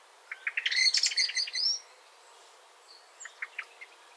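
Eurasian blackbird producing a fast burst of clicks and shrill squeaky notes, then a pause followed by a few faint scattered chips.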